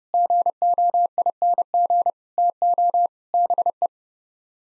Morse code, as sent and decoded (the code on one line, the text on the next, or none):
--. --- .. -. --. / - --- / -... .
GOING TO BE